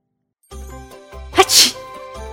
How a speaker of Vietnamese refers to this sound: Trong Hắc Phong Thành, Triệu Phổ liền hắt hơi một cái, khiến cho ngôi thành bảo trên cát vừa được Âu Dương Thiếu Chinh cùng Tiểu Tứ Tử hợp lực đắp lên bị sụp xuống.